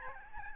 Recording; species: mosquito wingbeat signal from an infrared sensor; Aedes albopictus